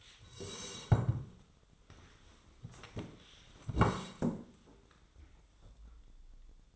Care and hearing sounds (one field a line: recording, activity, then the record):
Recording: daily activity, microphone in the room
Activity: sit down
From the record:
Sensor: 3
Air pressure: 1005.3 hPa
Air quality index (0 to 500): 96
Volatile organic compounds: 3 ppm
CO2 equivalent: 1496 ppm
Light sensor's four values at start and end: 9/21/9/9 and 10/22/9/9